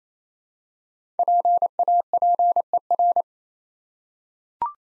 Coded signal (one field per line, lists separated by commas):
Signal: Morse code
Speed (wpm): 27 wpm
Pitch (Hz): 700 Hz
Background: none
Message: PAPER